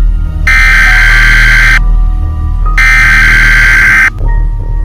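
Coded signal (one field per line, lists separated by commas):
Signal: Emergency Alert System (SAME) tones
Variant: header bursts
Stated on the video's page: Simulated EAS scenario.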